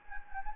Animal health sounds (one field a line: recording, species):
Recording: mosquito wingbeat signal from an infrared sensor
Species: Anopheles gambiae